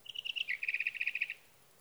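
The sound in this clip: Sage thrasher song: a quick run of many short chirping notes, over faint background hiss.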